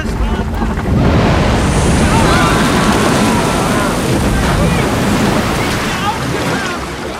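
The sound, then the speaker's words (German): Rough sea water churns and surges in a continuous loud roar, waves rolling and breaking with gusty wind noise mixed in, steady throughout before easing slightly at the end. “Bereits zeigten weitreichende Bewegungen der Oberfläche des Wassers, dass die tieferen Schichten beunruhigt war.”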